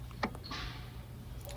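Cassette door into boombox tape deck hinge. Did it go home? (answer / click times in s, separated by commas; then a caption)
yes / 0.2 s. A plastic cassette deck door on a vintage Lloyds boombox is lifted and pushed back onto its hinge, snapping into place with a sharp click at 0.2 s. A few fainter ticks and rustles follow, including small clicks around 1.5 s. The door is seated.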